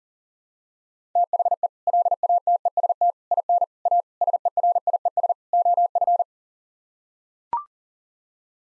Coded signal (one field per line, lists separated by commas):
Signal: Morse code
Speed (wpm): 40 wpm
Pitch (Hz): 700 Hz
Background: none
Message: THE LATEST IN A SERIES OF